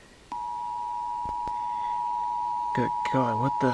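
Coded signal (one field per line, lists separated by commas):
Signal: Emergency Alert System (SAME) tones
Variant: 853 and 960 Hz attention tone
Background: speech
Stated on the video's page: Fictional nuclear missile attack EAS scenario, custom-made and not real.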